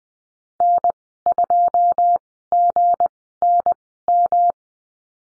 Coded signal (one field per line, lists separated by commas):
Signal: Morse code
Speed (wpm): 20 wpm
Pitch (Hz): 700 Hz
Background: none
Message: N2GNM